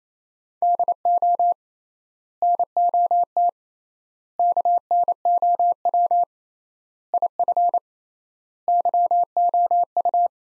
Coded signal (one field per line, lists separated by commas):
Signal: Morse code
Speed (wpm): 28 wpm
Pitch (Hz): 700 Hz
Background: none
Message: DO NOT KNOW IF YOU